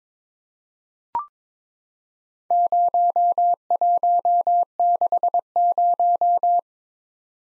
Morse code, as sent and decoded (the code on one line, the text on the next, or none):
----- .---- -.... -----
0160